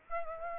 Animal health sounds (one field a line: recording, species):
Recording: mosquito wingbeat signal from an infrared sensor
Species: Aedes aegypti